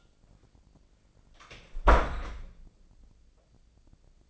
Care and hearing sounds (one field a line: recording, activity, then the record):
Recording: daily activity, microphone in the room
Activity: close door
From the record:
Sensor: 5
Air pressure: 1009.3 hPa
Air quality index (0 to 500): 167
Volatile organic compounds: 2 ppm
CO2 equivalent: 1272 ppm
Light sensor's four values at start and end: 186/443/188/204 and 186/443/188/204